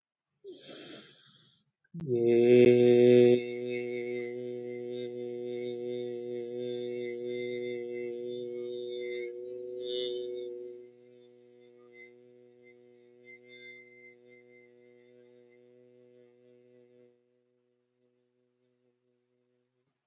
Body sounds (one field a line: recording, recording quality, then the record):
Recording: sustained vowel as in made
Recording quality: excellent, no background noise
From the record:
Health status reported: healthy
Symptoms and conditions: none ticked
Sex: male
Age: 24 years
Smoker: not ticked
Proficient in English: yes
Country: India